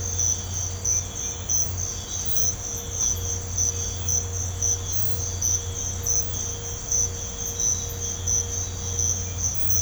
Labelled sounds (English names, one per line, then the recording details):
none
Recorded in pastures near Puerto Asís, Putumayo, Colombia, on 20 December 2024 at 05:30
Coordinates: 0.502, -76.324
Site G077